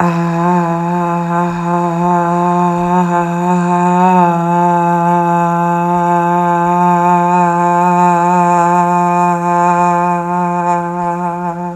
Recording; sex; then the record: sustained vowel /a/; male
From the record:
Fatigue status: fatigue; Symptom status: symptomatic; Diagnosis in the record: COVID-19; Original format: m4a